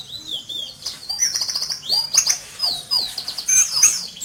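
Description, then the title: White-eye song in short bursts of high, sweet twittering notes, some sliding downward, with quick clicks between the phrases. Recorded in Malang, East Java. "Pleci Mr. Kebo Malang - Jawa Timur"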